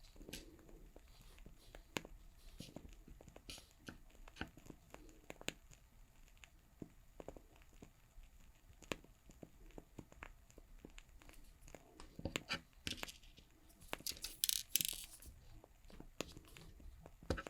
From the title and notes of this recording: Doing My Nails For Christmas｜With Crackling Fire Sounds (No Talking).